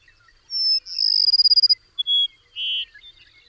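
Bird song phrase: clear high whistle, rapid rolling trill, brief piercing high notes, then a buzzy lower note and a soft tail.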